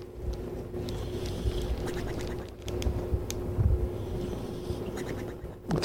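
Low, rumbling, fluttering noises with short quack-like bursts on the exhales, heard faintly over a steady background hum. A dog is snoring, its lips flapping as it breathes out.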